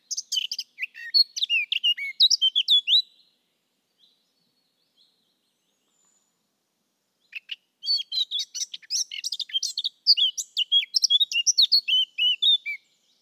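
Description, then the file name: Eurasian blackcap singing two fast warbled phrases of chattering and whistled notes, separated by a quiet pause. "Sylvia atricapilla"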